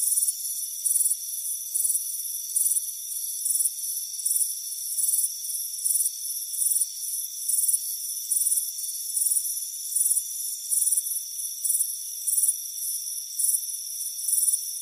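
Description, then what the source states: Crickets give regular shrill chirps against a steady high-pitched background drone. Soothing cricket chirping on a warm afternoon on a front porch.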